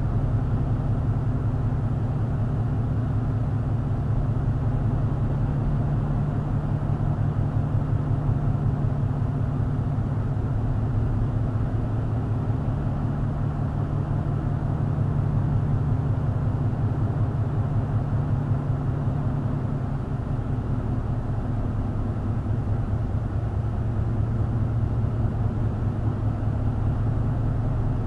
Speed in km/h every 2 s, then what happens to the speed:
45, 47, 45, 47, 47, 45, 45, 48, 47, 47, 44, 42, 40, 44.
0-15 steady at about 45. 15-23 slows to 40.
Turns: none.